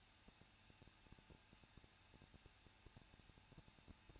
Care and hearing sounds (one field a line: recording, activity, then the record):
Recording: daily activity, microphone in the room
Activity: no activity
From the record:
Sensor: 2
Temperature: 20.9 degrees Celsius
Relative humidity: 37.6%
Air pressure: 1006.3 hPa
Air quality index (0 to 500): 224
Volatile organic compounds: 26 ppm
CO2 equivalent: 2858 ppm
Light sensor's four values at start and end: 2/3/2/2 and 2/3/2/2